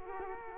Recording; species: mosquito wingbeat signal from an infrared sensor; Culex quinquefasciatus